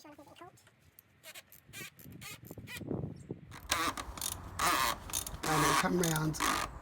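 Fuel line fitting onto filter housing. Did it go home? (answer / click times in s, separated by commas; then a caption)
no / none. A fuel line fitting is handled onto the fuel filter housing of a 2016 Ford Kuga 2.0 TDCi Duratorq, a fitting that locks into place without needing to be tied. Someone talks over short handling knocks and rustles, with the loudest bursts from about 3.7 s onward. The fitting has not seated or clicked yet by the end of the clip.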